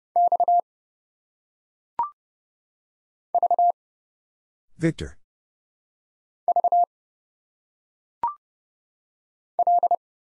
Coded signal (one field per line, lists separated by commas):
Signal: Morse code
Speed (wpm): 30 wpm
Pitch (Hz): 700 Hz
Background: none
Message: X V V L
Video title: Single Letters - Phonetic Pronunciation - 30wpm